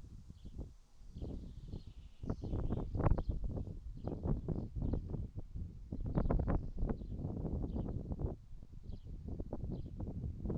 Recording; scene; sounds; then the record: everyday scene through a hearing-aid microphone; wind on the microphone; wind, traffic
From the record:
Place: in front of a rural house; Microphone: in the ear canal, right